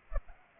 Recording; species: mosquito wingbeat signal from an infrared sensor; Culex pipiens